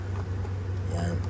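A memory module is being handled and reinstalled into its motherboard slot the right way round, not upside down, while someone talks briefly over a steady low hum. Nothing has seated or clicked yet in this clip.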